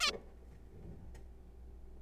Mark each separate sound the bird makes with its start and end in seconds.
0.01-0.11